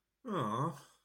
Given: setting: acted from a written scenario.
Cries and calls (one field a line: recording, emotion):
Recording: vocal sound without words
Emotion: disappointment